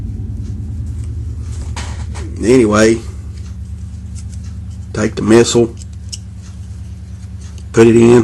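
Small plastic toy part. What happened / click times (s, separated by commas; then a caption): Small plastic part handled, not yet seated / none. A plastic toy missile is picked up and lined up with an action figure's launcher before being pushed in, over a steady low hum with faint handling ticks near 1.0, 4.3, 5.9 and 7.6 seconds. Someone talks in short bursts. Nothing has seated or clicked yet.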